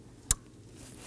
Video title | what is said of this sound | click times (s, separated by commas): How to Replace Brake Pedal Position Switch 2018-2024 Chevrolet Equinox | Make sure you hear that click and push the red tab down. | 0.3 s